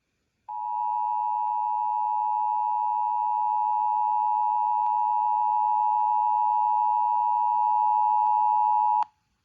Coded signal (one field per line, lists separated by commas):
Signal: Emergency Alert System (SAME) tones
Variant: 853 and 960 Hz attention tone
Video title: San Diego Required Monthly Test on KOGO AM 600 (EAS #1435)